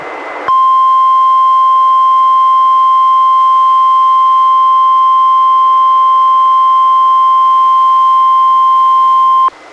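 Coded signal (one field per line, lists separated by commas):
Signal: Emergency Alert System (SAME) tones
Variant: 1050 Hz attention tone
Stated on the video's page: Required weekly test from NWS Portland relayed by NOAA Weather Radio station KEC91 in Astoria, received on a Reecom R-1630 weather radio and recorded with a Zoom H1.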